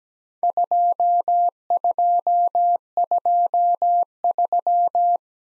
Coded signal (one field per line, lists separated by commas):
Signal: Morse code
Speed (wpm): 17 wpm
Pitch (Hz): 700 Hz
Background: none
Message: 2223